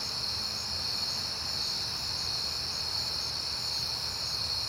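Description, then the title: Crickets trilling steadily in a high chorus, with a soft hiss of broader background noise. Crickets at night in September; a peaceful night. "Night Time: Crickets and Passing Cars"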